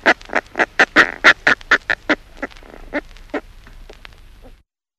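Northern fulmar cackle, a quick series of gruff, throaty clucks that grows louder, then fades to softer, sparser notes before stopping.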